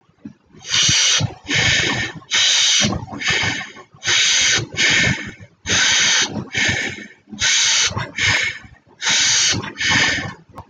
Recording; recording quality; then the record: shallow breathing; excellent, no background noise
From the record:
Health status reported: healthy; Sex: male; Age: 22 years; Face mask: worn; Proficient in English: yes